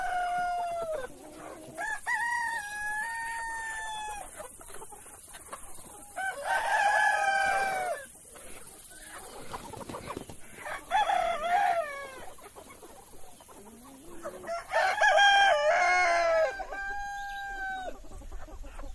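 Farm animals: roosters crow repeatedly, with long rising-and-falling calls around two, seven, eleven and fifteen seconds, one overlapping another. Between crows come softer clucking and chatter from other fowl over a steady hiss.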